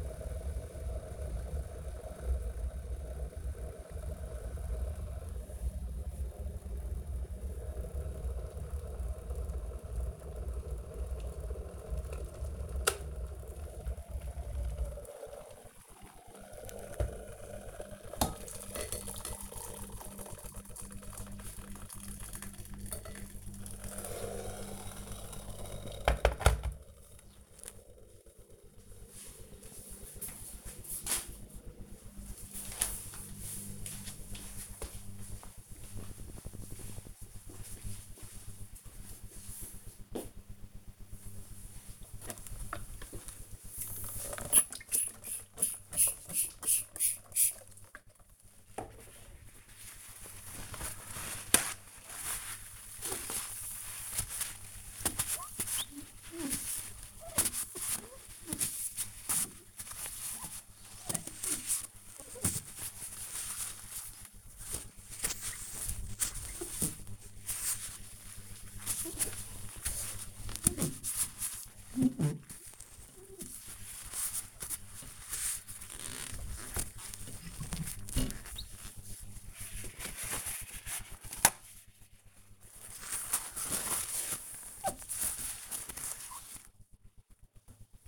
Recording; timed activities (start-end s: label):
household activities, microphone on the right wrist
0.00-26.90 s: making tea
40.98-88.07 s: window cleaning